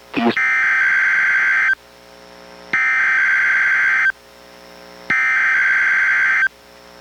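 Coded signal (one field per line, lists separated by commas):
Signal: Emergency Alert System (SAME) tones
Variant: header bursts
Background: speech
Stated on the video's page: NOAA Weather Radio required weekly test relayed by a weather radio station, received on a weather radio and recorded through an audio recorder.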